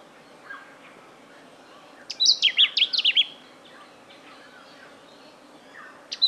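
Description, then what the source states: Lemon-bellied flyrobin calling: one short burst of rapid, high, clear whistled notes rising and falling, with soft chirps and a brief note at the end. Recorded in Papua New Guinea.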